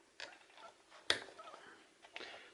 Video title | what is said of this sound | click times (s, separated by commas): Ferrex 20V Cordless Lawn Trimmer GDRT26 from Aldi (Tool Review) | they should click on nice and tight, as you can see | 1.1 s